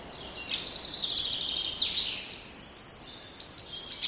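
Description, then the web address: Passerine birds: songbird notes, a long buzzy trill at first, then a string of high, sharp whistled chirps that come in quick bursts, over a soft steady hiss. In a garden. "wroblowe kolekcja ogrodowy"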